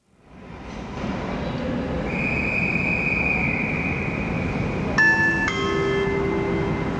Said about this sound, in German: Meine Damen und Herren, auf Gleis 12 fährt ein Intercity Express 543.